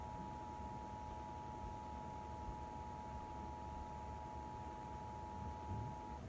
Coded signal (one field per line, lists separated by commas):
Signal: Emergency Alert System (SAME) tones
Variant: 853 and 960 Hz attention tone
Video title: EAS alarm on my boombox